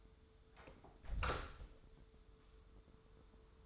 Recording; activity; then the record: daily activity, microphone in the room; close door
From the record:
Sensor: 3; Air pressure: 1015.2 hPa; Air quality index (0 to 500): 156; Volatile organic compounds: 10 ppm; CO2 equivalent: 2222 ppm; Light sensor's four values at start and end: 15/40/16/17 and 15/40/16/17